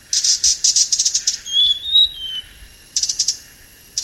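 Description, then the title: Blue-crowned hanging parrot with a rapid run of harsh buzzy pulses, then a short wavering whistled phrase, then more buzzy pulses. "SERINDIT"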